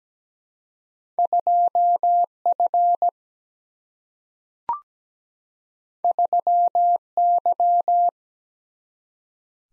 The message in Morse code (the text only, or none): 2F 3Y